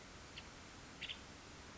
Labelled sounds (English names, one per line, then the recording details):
Nuttall's Woodpecker
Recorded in Sonoma County, California